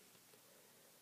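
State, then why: Not seated. An aftermarket shotgun magazine cap with a stud is turned on the magazine tube. Only steady, hiss-like broadband noise is heard, with no sharp sounds. Nothing has clicked, because the cap is smooth inside with no ratchets, unlike a ratcheting cap.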